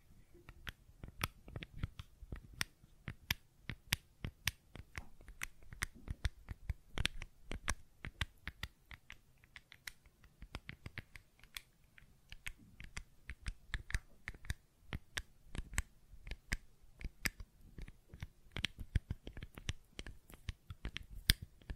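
A fidget cube is tapped and clicked continuously, producing sharp, dry snaps in an irregular but steady stream, several per second. The clicks vary in loudness, with occasional stronger ones, over a quiet low rumble and faint murmur underneath.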